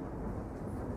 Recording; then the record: background sound without coughing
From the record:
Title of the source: Train Ride Ambience ambient white noise for sleeping, focus, studying, reading